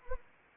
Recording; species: mosquito wingbeat signal from an infrared sensor; Anopheles arabiensis